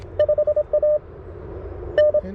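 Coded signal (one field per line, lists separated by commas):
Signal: Morse code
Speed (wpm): 24 wpm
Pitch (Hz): 600 Hz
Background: none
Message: 5A N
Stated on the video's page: CW Parks On The Air activation on CFT-1 QRP CW radio, WRC antenna, Begali Expedition key; slow activation under poor solar conditions.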